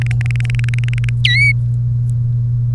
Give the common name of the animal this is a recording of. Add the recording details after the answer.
Domestic Canary. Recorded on 30 April 2018 at 16:49. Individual llb3